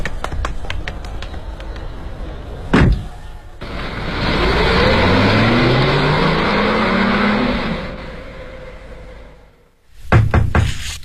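Sharp raps on a door, knocked by a residents' committee director calling for it to be opened, come in quick clusters at the start and again at the end, with a loud car engine revving and droning in between. No one speaks.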